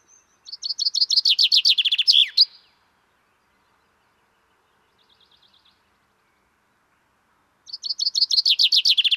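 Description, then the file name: Common chaffinch song: a rattling descending phrase with an emphatic end, a pause with a few soft high notes, then another phrase begins. "Fringilla coelebs"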